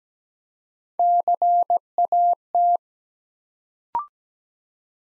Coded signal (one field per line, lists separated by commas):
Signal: Morse code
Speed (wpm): 17 wpm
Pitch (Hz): 700 Hz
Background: none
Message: CAT